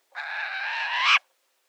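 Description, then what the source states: Short-eared Owl giving a single harsh, raspy, wheezing call of about one second that swells and rises slightly before breaking off abruptly; no other sounds. Floats over wide-open grasslands; one of 19 owl species in the U.S. and Canada.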